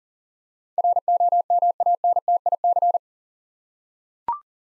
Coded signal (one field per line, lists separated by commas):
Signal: Morse code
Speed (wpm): 40 wpm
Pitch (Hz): 700 Hz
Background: none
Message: ROMANTIC